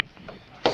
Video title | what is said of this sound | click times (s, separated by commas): My New Native Propel 10 Slayer Max | you can snap into place like that there you go | 0.7 s